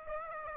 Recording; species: mosquito wingbeat signal from an infrared sensor; Aedes aegypti